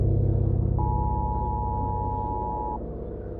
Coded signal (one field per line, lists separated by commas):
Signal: Emergency Alert System (SAME) tones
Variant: 853 and 960 Hz attention tone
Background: music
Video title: Eas alarm launch disaster (1/20/2019)